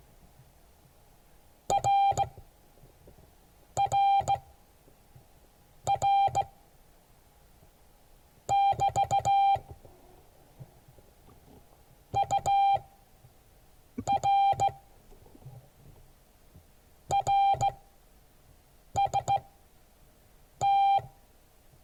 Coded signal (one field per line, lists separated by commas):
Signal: Morse code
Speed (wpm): 16 wpm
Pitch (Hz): 790 Hz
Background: none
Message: RRR <BT> UR RST